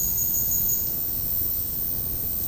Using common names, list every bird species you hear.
none